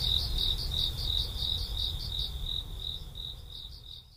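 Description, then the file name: Cricket trill, high rapid pulses that gradually fade away toward the end. "korogi"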